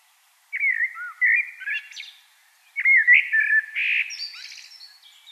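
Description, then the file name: Common blackbird song: two mellow, fluted warbling phrases, each ending in a squeaky, high twitter, separated by a short pause. "Turdus merula"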